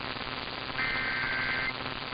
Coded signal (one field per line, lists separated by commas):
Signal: Emergency Alert System (SAME) tones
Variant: header bursts